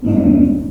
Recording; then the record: squeal of a Yucatan mini pig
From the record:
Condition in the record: after surgery on the right vocal fold (resection and tissue-engineered implant); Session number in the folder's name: 5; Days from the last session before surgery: 33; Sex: female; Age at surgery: 19 weeks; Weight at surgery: 25 kg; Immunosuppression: prednisolone